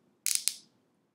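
A plastic ratchet tubing clamp on siphon tubing is squeezed shut by hand, making a quick run of sharp plastic clicks at 0.3, 0.3 and 0.5 seconds. The clicks are bright, with a short decaying ring, and the clamp ratchets closed and seats on the tubing.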